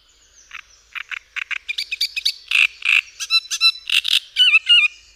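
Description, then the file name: Great reed warbler singing a grating, frog-like chatter of repeated harsh notes, broken by higher squeaky and gurgling phrases. "Trzciniak"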